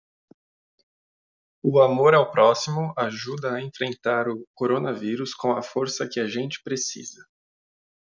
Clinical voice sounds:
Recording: spoken sentence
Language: Brazilian Portuguese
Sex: male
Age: 30 to 39 years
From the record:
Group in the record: control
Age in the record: 33 years

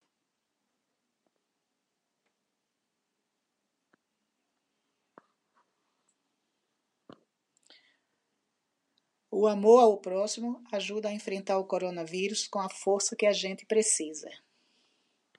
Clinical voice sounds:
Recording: spoken sentence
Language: Brazilian Portuguese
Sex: female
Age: 60 to 69 years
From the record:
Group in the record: control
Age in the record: 63 years

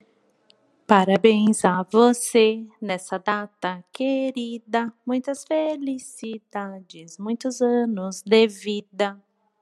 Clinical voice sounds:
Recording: short text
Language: Brazilian Portuguese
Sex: female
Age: 30 to 39 years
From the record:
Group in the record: control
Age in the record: 37 years

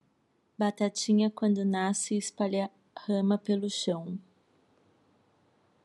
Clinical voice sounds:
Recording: short text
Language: Brazilian Portuguese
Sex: female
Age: 40 to 49 years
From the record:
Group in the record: control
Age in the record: 44 years

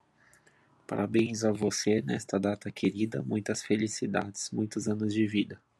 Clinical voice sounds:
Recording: short text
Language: Brazilian Portuguese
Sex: male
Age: 20 to 29 years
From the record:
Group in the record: control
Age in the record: 26 years

